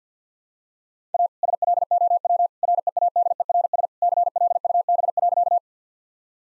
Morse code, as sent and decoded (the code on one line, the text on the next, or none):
.- / ... .-.. --- .-- / .-. . .- -.. . .-. ... / -.-. .-.. ..- -... .-.-.-
A SLOW READERS CLUB.